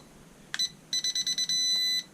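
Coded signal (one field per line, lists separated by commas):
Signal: beep code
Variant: toy drone transmitter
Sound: a click, a short high beep, five quick beeps, then one half-second beep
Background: quiet room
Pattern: 6 short, 1 long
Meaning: The long beep means the trim is at center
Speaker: now that long beep is when you're in center so you can just hold it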